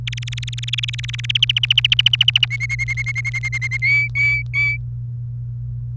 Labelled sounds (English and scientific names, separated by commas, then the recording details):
Domestic Canary (Serinus canaria) song
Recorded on 28 April 2018 at 06:02
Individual llb3